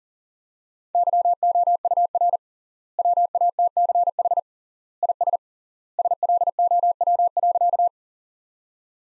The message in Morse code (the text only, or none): YOUR WATCH IS SLOW.